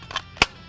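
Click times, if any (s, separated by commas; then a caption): 0.4 s. A rifle magazine is pushed into a polymer self-locking magazine carrier mounted on a belt. Two small clicks come first, then a sharp, loud snap at 0.4 s as it locks, followed by a faint tick. The magazine is seated and held in place by the carrier's self-locking system.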